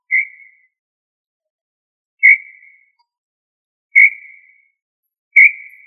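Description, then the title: Tinamou whistles: four clear, short notes on one steady pitch, each fading with a brief tail, widely spaced in silence. "Familia Tinamidae - Quail - Puyuh"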